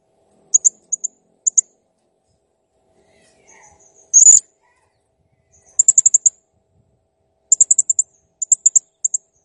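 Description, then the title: Blue-crowned hanging parrot producing rapid clusters of high, tinny chips, with one louder burst midway. Master recording of a clear, persistently singing bird, made for training cage birds. "Masteran Burung Serindit Ll Masteran Serindit Gacor Jernih"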